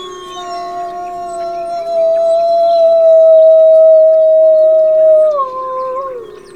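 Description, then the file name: Wolf chorus howling: a long, steady howl holding one pitch, then dropping in two steps near the end, over a lower sustained howl from a second wolf. Several wolves chorus howling in daytime. "Howls Growls - Chorus Howling"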